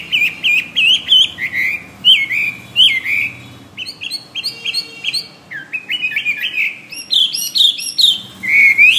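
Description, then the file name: Hwamei song: a rapid, rich run of loud whistled phrases, slurred notes repeated in short series before switching to new motifs. "omkicau hwamey"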